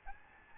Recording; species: mosquito wingbeat signal from an infrared sensor; Aedes albopictus